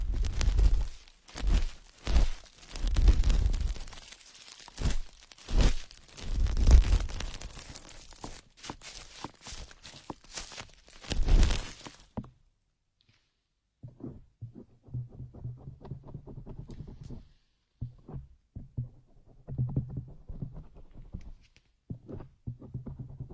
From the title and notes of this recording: Delicate and high-end feeling, positive pressure, various ear picking methods.